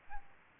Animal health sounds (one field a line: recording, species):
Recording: mosquito wingbeat signal from an infrared sensor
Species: Aedes albopictus